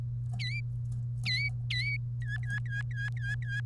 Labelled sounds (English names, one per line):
Domestic Canary song